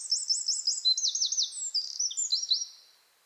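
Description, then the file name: Eurasian wren singing a hurried stream of shrill, high warbles and buzzy trills, closing with a quick fade. "Troglodytes troglodytes"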